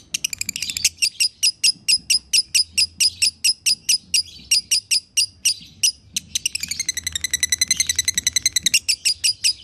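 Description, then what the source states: Lovebird chattering song: long runs of sharp, high chips at an even pace, broken by a long burst of very rapid trilling. Lovebird singing in the konslet chattering style, presented as a masteran (song-training) recording.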